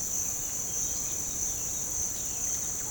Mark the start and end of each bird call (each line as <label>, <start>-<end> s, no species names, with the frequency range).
bird call (1.0-3.9 kHz), 2.76-2.83 s